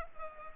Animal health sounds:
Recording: mosquito wingbeat signal from an infrared sensor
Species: Culex pipiens

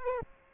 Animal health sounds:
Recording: mosquito wingbeat signal from an infrared sensor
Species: Aedes aegypti

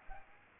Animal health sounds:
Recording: mosquito wingbeat signal from an infrared sensor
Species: Aedes aegypti

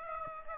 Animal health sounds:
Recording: mosquito wingbeat signal from an infrared sensor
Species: Aedes aegypti

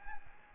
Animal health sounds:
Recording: mosquito wingbeat signal from an infrared sensor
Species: Aedes albopictus

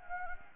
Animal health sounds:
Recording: mosquito wingbeat signal from an infrared sensor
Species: Anopheles gambiae

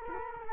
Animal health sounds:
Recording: mosquito wingbeat signal from an infrared sensor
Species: Culex quinquefasciatus

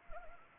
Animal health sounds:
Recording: mosquito wingbeat signal from an infrared sensor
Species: Anopheles arabiensis

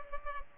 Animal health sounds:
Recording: mosquito wingbeat signal from an infrared sensor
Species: Culex pipiens

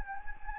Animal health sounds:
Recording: mosquito wingbeat signal from an infrared sensor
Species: Anopheles gambiae

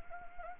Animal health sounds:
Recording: mosquito wingbeat signal from an infrared sensor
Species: Anopheles arabiensis

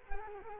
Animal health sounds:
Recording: mosquito wingbeat signal from an infrared sensor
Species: Culex quinquefasciatus

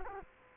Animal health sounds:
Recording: mosquito wingbeat signal from an infrared sensor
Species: Culex quinquefasciatus

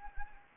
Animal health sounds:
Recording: mosquito wingbeat signal from an infrared sensor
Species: Anopheles gambiae

